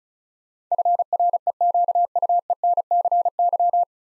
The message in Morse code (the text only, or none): FREQUENCY